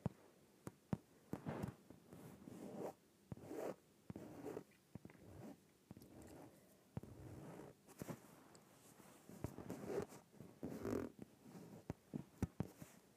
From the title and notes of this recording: ASMR Inflated Yoga Ball.